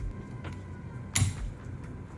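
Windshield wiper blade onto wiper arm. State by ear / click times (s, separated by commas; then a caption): seated / 1.2 s. A new passenger-side windshield wiper blade is slid back onto the wiper arm until its plastic latch clicks into place. A sharp, bright click sounds at 1.2 seconds over a low background hum, with a fainter slide noise shortly before it. The blade is seated on the arm.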